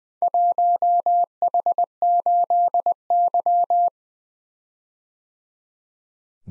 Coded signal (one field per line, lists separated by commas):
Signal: Morse code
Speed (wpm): 20 wpm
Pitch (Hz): 700 Hz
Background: none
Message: 1H8Y